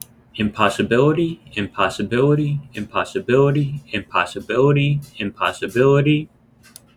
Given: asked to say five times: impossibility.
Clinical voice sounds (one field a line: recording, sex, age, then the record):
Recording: repeated word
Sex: male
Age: 20 to 29 years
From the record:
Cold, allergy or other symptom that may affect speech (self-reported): no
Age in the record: 24 years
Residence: Pennsylvania, United States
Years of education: 18